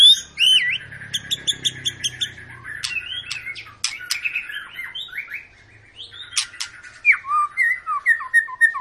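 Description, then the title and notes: White-rumped shama song mixing looping whistles, quick rhythmic chips and fluty slurred phrases, with brief pauses. Long lure song of an actively singing shama, used to prompt other birds to sing. "Pancingan Murai Batu Gacor Panjang. muraiku"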